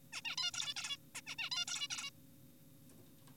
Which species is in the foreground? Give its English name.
Zebra Finch